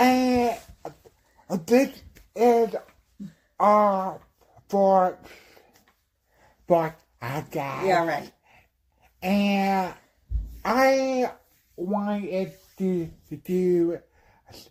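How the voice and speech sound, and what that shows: A 39-year-old man with a speech disorder called aphasia speaks haltingly in short bursts separated by long pauses, drawing out vowels and repeating a syllable as he starts a phrase. His effortful, broken speech is at times hard to understand.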